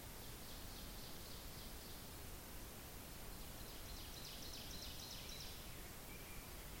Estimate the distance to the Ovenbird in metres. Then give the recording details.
about 45 m. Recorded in boreal forest in Alberta, Canada, on 10 June 2016 at 07:47. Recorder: SongMeter 3, array SBT-3-39. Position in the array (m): 324 m, 145 m. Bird 19